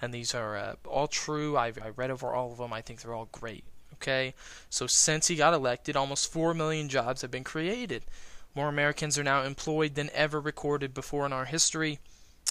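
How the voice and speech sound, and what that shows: One adult man reads aloud in a steady, moderately paced monologue, with a mid-pitched voice, clear consonants and brief pauses between phrases. His voice is clear and his speech fluent and well articulated, with no hoarseness, slurring or stuttering.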